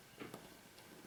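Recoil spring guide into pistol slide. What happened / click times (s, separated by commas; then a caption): The part is handled but not yet locked home / none. The recoil spring guide of a WE M92/M92L gas blowback airsoft pistol is being put back into the pistol slide, to be rotated about 90 degrees until it locks so it won't fly off. Only faint handling taps and rubbing are heard, with the brightest ticks around 0.2 and 0.3 seconds. Nothing has seated or clicked yet.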